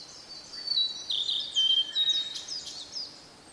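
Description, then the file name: Blue-and-white flycatcher song: a continuous run of clear whistled notes and quick slurred phrases, high-pitched and varied. "oruri"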